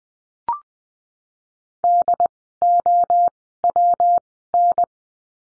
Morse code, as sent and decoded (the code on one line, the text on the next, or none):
-.. / --- / .-- / -.
D O W N